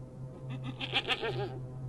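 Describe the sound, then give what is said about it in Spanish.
A goat bleats once in a wavering, quavering cry lasting about a second, rising in the middle and trailing off, over a steady low hum. “No nos habíamos adentrado mucho y yo no tuve tiempo de contestarle cuando escuchamos el balar de una cabra.”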